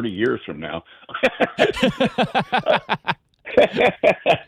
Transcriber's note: laughs